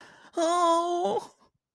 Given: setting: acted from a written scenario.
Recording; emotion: vocal sound without words; sadness